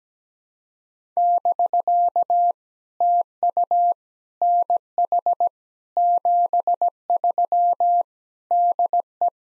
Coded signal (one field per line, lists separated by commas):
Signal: Morse code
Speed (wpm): 17 wpm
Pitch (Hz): 700 Hz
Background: none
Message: <BK> TU NH 73 DE